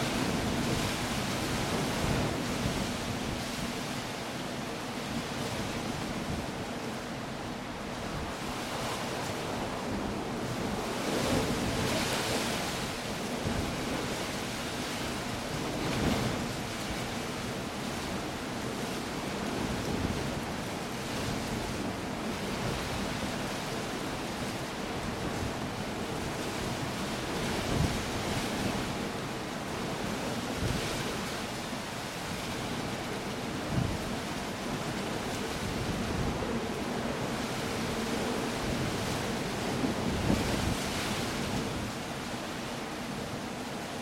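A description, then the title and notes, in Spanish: A storm on the coast: dense, steady roar of surf and wind fills the whole recording, loud. Brighter gusts or wave crashes swell up every few seconds, notably around 8, 12, 16, 28 and 41 seconds, over a constant low rumble. Sonidos de sueño durante una tormenta en la costa. La agreste costa de las orillas del suroeste de Inglaterra.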